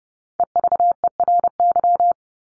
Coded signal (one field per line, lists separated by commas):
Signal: Morse code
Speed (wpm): 30 wpm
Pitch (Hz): 700 Hz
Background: none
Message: EVERY